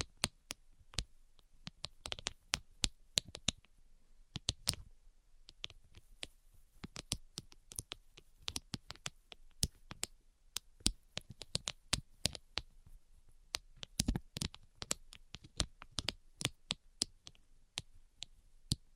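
Quick, sharp tapping sounds come in irregular bursts, sometimes clustered into rapid flurries and sometimes spaced apart. Each tap is crisp and bright with a brief thud underneath. Short pauses fall around five and thirteen seconds, and no voice is heard.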